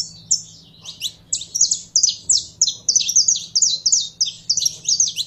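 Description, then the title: Canary song of sharp, slightly downslurred high chirps in quick succession, over a faint low hum. Belgian canary, described as pure Belgian stock, singing. "Canto Do Canário Belga Puro"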